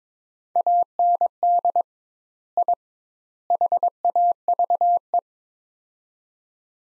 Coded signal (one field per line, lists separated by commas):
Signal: Morse code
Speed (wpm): 22 wpm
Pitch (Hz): 700 Hz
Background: none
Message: AND I HAVE